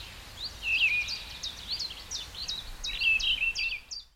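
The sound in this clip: Bird singing a quick run of high, slurred notes and a brief trill, with background noise.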